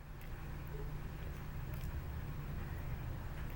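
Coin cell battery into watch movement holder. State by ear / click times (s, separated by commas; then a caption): not seated / none. A new coin-cell battery is handled and lined up over the battery holder in a watch movement before being pushed in. Only a steady low hum and faint handling sounds are heard, with no sharp transients. Nothing has seated or clicked yet.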